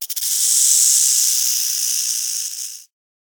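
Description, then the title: Snake rattle: a few quick clicks lead into a steady, dry, high-pitched hissing buzz that lasts nearly three seconds, then cuts off abruptly into silence. "Animal, Snake, Rattle"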